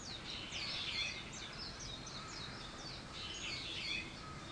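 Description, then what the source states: Bird with high, quick downslurred chirps and a few brighter, fuller notes, in irregular bursts over steady hiss. Wild birds; 21 April 2023.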